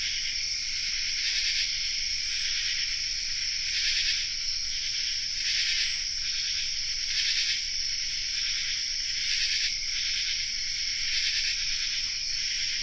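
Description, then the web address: Common true katydid chorus with rhythmic rasping pulses repeating every couple of seconds over a steady shrill background buzz, plus a few short high chirps. Chorus, North America. "Nature Songs N America Songs of Insects Common True Katydid chorus"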